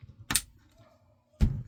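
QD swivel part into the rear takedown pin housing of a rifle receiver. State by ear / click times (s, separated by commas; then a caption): seated / 0.3 s. On an HK MP5 rifle receiver, the metal part of a QD swivel that replaces the rear takedown pin is pressed home into the rear takedown pin housing with the back of a blade during reassembly. A sharp, bright click at 0.3 s marks it popping into place and seating without flying off, followed by a quiet stretch. A second, lower, thudding burst comes at about 1.4 s.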